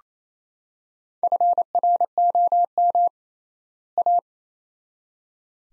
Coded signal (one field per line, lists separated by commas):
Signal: Morse code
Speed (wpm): 28 wpm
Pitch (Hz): 700 Hz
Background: none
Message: FROM A